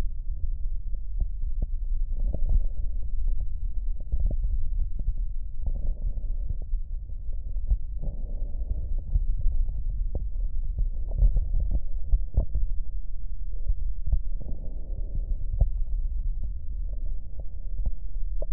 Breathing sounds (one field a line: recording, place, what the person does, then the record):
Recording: lung sounds by stethoscope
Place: left posterior basal chest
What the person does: quiet breathing, then deep breathing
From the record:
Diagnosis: COPD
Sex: male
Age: 65 years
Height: 162 cm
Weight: 67.8 kg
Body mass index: 25.8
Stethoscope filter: extended mode